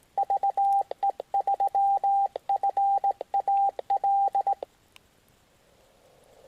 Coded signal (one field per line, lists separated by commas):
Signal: Morse code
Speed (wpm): 18 wpm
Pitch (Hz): 790 Hz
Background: radio noise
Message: VE3FAL